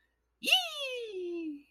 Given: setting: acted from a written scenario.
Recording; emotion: vocal sound without words; triumph